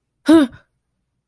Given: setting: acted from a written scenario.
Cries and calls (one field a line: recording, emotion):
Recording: vocal sound without words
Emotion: fear